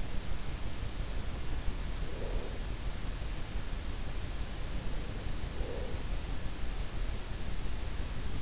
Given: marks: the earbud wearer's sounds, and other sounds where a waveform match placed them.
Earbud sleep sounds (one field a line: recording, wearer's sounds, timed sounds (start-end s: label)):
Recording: sounds in sleep by an in-ear microphone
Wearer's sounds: breath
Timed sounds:
1.80-2.97 s: breath
5.33-6.55 s: breath